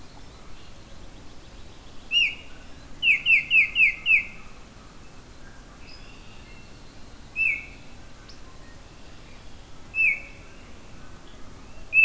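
Oriole giving one falling whistle, then a quick run of five similar notes, followed by scattered single downslurred whistles with long quiet gaps.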